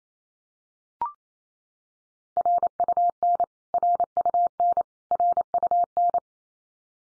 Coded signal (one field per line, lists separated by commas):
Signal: Morse code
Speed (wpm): 28 wpm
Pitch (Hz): 700 Hz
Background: none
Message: RUN RUN RUN